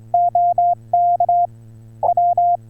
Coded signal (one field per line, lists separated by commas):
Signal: Morse code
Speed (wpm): 22 wpm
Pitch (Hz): 700 Hz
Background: none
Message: OK W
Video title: Talking to German HAM in morse codes #CW #DL1DAW #morse